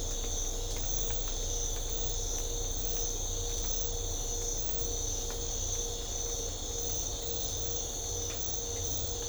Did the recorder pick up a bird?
no